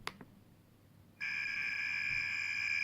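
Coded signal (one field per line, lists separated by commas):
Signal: RTTY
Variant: 300 baud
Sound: a few clicks, then a steady two-tone buzzing data warble starting abruptly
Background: radio static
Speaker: we click play what you can hear here and what you can see is the signal okay now this signal is made up of two different frequencies a lower frequency and a higher frequency and they are transmitting the data in bits zeros and ones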